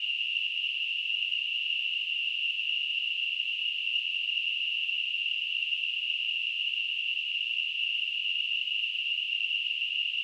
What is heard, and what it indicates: Tinnitus.